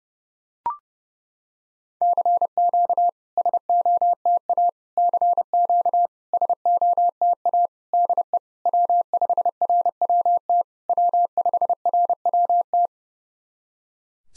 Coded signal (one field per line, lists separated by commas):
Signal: Morse code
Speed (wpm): 30 wpm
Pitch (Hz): 700 Hz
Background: none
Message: CQ SOTA CQ SOTA DE W5RWT W5RWT